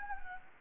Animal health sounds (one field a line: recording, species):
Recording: mosquito wingbeat signal from an infrared sensor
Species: Anopheles gambiae